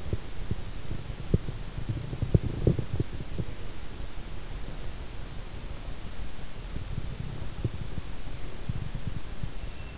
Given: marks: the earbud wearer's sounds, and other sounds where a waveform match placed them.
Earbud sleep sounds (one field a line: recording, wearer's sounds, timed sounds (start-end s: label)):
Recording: sounds in sleep by an in-ear microphone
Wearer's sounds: teeth grinding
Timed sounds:
0.00-3.56 s: teeth grinding
6.68-9.64 s: teeth grinding